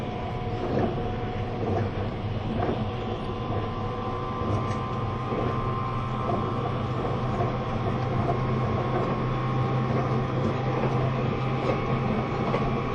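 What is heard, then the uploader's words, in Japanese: Running sound of a train: a steady, dense low rumble holds throughout with little change in level. Faint rhythmic knocks and clicks recur every second or so over the drone, and a thin steady whine sits above it. E257系 あずさ19号03 甲府～松本。音の旅(走行音)。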